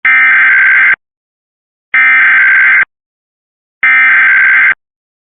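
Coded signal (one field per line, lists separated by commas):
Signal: Emergency Alert System (SAME) tones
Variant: header bursts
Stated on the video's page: Real, unedited Michigan coronavirus civil alert, not a mock; very loud at the start.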